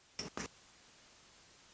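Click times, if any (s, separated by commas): none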